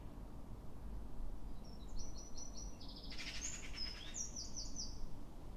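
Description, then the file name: Eurasian wren song: a fast, high, rattling trill of repeated notes running for several seconds, with steady low rumbling noise underneath. "Troglodytes troglodytes"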